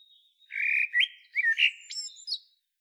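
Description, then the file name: Common blackbird sings one phrase of smooth, low fluted notes followed by a few high, thin squeaks. "Turdus merula"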